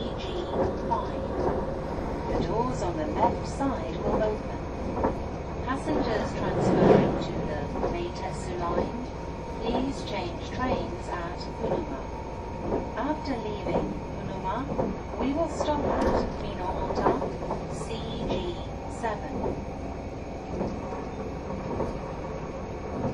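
Inside a train car, a steady low engine and motor drone runs throughout, with faint pitched motor whine layered on top. Rhythmic clatters from the wheels recur every second or so, with a louder knock near seven seconds and murmuring voices in the background.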